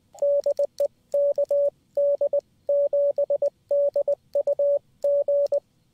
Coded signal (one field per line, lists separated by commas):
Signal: Morse code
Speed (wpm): 20 wpm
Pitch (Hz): 570 Hz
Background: radio noise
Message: DE KD7DUG